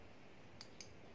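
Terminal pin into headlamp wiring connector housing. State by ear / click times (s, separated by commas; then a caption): seated / 0.6 s, 0.8 s. A crimped terminal pin is slid back into its slot in a plastic headlamp wiring connector housing. Two slight, sharp clicks sound at 0.6 s and 0.8 s over a quiet background. The clicks are the locking mechanism snapping back to secure the pin, so it is correctly inserted and seated.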